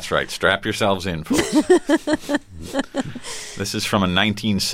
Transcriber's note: laughter